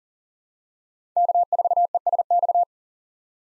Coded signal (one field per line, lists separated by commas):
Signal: Morse code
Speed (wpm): 40 wpm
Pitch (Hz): 700 Hz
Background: none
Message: K4ESX